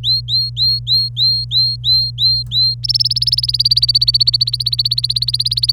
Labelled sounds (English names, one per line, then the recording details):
Domestic Canary song
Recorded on 26 April 2018 at 08:48
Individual llb3